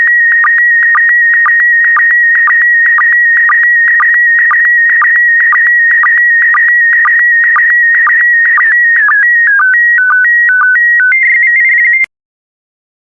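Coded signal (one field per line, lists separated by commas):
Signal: SSTV (slow-scan television)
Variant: PD120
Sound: steady warbling whistle with rhythmic clicks twice a second, then short stepped tones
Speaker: transmission complete you can now check your decoded image against the picture that is shown on the video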